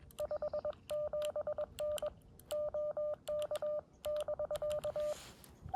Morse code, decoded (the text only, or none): 57N OK <BK>